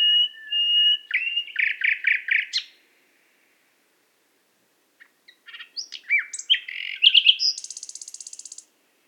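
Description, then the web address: Nightingale singing a held whistled double tone that breaks into a quick series of throaty repeated notes, then silence, then mixed chirps ending in a dry, high buzzing rattle. Qatar. "qatar birds presentation extracts nightingale"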